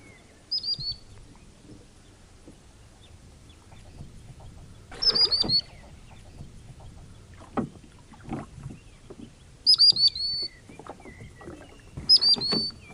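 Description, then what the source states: Common sandpiper giving several shrill, quick high piping trills over the knocking and splashing of rowing. Recorded on a lake while rowing; rowing sounds audible.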